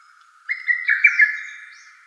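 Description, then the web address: Lesser cuckoo call: a single loud, fairly high whistled phrase of about a second and a half, with quick wavering inflections, then fading out. Recorded 24 May 2017. "birdenaga hototogisu 170524"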